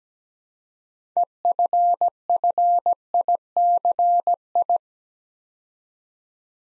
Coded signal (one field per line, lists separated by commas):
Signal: Morse code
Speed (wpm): 17 wpm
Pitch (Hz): 700 Hz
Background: none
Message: EFFICI